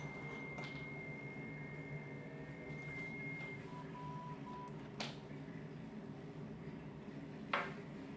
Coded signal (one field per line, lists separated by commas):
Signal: FT8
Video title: ICOM IC 705 -FT8 PRESET MENU after firmware update 1.20